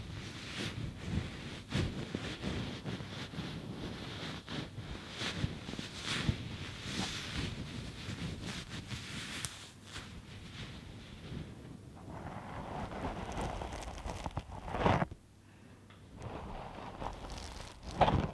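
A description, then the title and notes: Dense hair brushing with rapid scratchy strokes and sharp clicks, easing into softer, thinner rustling after a brief pause near fifteen seconds. ASMR Getting Ready For Bed (Lotion Sounds, Hair Brushing, Cottons, Tapping.)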